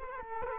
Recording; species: mosquito wingbeat signal from an infrared sensor; Culex quinquefasciatus